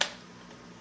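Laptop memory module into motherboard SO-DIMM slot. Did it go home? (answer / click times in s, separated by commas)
yes / 0.0 s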